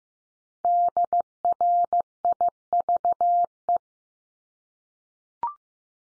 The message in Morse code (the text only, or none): DRIVE